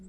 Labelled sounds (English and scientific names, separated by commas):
Virginia's Warbler (Leiothlypis virginiae) flight call